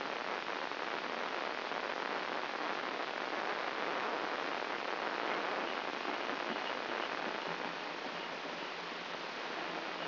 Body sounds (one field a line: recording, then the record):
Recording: brain microelectrode recording played as sound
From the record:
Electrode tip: outside the subthalamic nucleus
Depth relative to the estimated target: 5 mm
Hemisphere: left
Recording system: AlphaMap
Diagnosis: Parkinson's disease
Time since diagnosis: 19 years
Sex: male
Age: 59 years